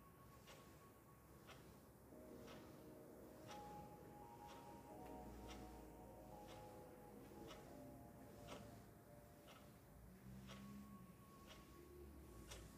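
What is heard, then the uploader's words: A ticking clock sounds over soft lofi music, with sharp, regular ticks landing a little more often than once a second throughout. Beneath them, mellow held notes and a low bass line shift slowly, and the overall level stays fairly steady. Ticking clock, keyboard, lofi music, kpop instr.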